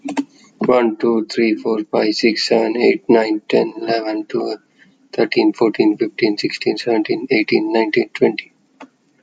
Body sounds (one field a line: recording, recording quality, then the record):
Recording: counting at a normal pace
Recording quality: excellent, no background noise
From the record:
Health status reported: exposed to COVID-19, no respiratory illness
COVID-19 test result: not tested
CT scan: not taken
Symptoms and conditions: cough, sore throat, fever, muscle pain, asthma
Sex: male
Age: 26 years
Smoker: no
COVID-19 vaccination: one dose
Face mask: not worn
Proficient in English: yes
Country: India